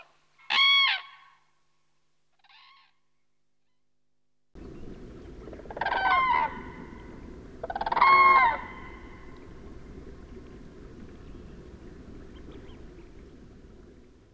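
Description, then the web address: Common crane calls: a sharp trumpeting note and a faint short one, then two more bugles over steady background noise that begins midway and continues to the end. "Kurki. nauhalaisen aanimaailmat"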